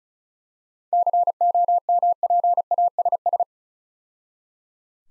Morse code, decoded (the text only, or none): COMPASS